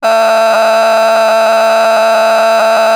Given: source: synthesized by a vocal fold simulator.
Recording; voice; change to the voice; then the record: sustained vowel; female; vocal strain, level 10 of 10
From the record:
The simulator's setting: 1.00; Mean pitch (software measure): 223 Hz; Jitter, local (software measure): 2.79%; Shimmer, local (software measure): 3.9%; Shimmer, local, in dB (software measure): 0.35 dB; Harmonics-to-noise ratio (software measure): 11.0 dB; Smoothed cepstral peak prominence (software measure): 12.7 dB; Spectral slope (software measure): -17.0 dB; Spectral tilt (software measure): -8.0 dB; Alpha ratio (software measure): -7.6 dB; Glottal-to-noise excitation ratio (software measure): 0.912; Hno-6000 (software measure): 1.7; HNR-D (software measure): 30.0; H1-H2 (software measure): -3.7 dB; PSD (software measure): 1.1e-04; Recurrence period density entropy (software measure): 0.124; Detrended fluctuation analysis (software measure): 0.0089